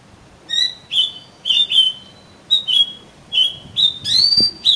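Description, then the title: Oriental magpie-robin song: a steady series of sweet whistled notes, some doubled, ending with a rising slurred whistle, little background noise. "Kacer Kacer"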